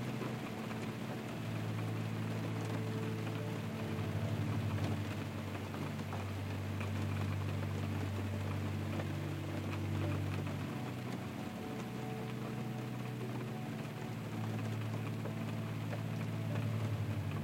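Steady, dense rain patters on a tent, with a soft, low piano melody of sustained notes that shifts and repeats underneath.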